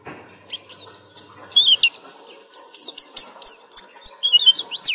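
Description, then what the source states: Nightingale singing a fast series of bright, high whistles and sweeping downslurs, several notes repeated in quick succession. Masteran tutor recording, used to teach cage birds to sing.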